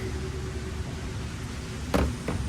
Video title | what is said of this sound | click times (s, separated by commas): HOW TO INSTALL NEW KICKER SPEAKERS IN YOUR CAR CHEAP AND EASY! (HONDA CIVIC 6.5 INCH DOOR SPEAKERS) | the other side click. So the clearancing helped. It still was a little tight. | 1.9 s